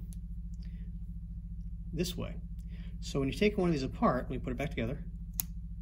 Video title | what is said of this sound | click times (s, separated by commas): How To Repair the Bulkhead Wiring Connector | hear a click, that's in. | 5.4 s